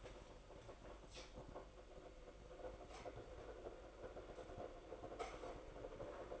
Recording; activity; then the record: daily activity, microphone in the room; make coffee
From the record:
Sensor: 5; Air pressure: 995.2 hPa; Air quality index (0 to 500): 98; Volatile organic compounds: 6 ppm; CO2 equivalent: 1852 ppm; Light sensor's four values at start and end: 25/62/24/24 and 25/62/24/24